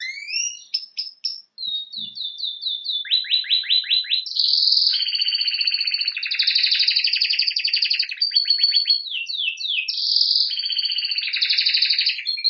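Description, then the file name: Canary song, continuous and varied: quick whistled chirps, a fast descending series of notes, then long rolling buzzy trills alternating with sweeping phrases. "Canary Voice"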